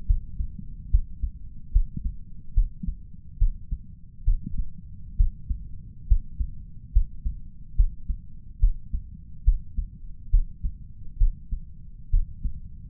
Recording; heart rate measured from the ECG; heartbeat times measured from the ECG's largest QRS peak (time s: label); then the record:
heart sounds by stethoscope; 70 bpm
0.06 s: heartbeat
0.90 s: heartbeat
1.72 s: heartbeat
2.54 s: heartbeat
3.38 s: heartbeat
4.24 s: heartbeat
5.16 s: heartbeat
6.07 s: heartbeat
6.92 s: heartbeat
7.76 s: heartbeat
8.59 s: heartbeat
9.44 s: heartbeat
10.30 s: heartbeat
11.18 s: heartbeat
12.10 s: heartbeat
From the record:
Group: healthy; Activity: rest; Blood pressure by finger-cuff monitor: 106/67 mmHg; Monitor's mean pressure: 82 mmHg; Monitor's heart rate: 70 bpm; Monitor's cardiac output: 5.5 L/min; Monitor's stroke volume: 78 mL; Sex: male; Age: 35 years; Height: 178 cm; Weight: 64 kg